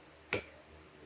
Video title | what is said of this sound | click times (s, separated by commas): How to Change the Rear Wiper Blade on a 2002+ Mini Cooper | Yep. And then it snaps into place. | 0.3 s